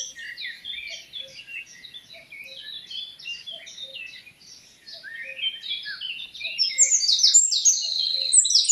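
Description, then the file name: Eurasian wren: soft twittering, then a loud, fast, high trilling song starting in the final seconds. "Troglodytes troglodytes"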